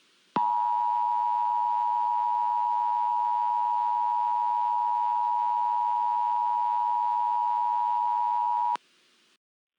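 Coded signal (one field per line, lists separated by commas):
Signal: Emergency Alert System (SAME) tones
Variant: 853 and 960 Hz attention tone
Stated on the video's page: Fictional EAS scenario, a first attempt that may contain errors.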